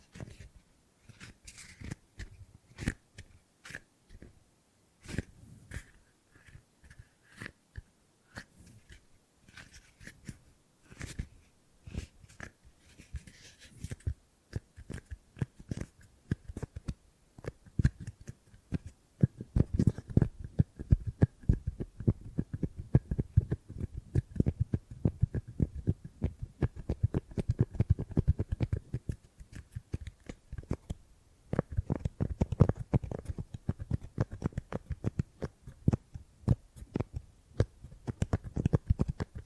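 Gripping and grabbing sounds: quick handling noises, dull thumps and rubbing scuffs, come in dense irregular clusters. The first fifteen seconds are sparser, with sharp clicks and a faint steady hum. From about 18 seconds the grabbing grows busier and heavier, briefly pausing near 30 seconds.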